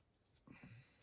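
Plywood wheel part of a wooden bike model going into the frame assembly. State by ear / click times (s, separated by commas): not seated / none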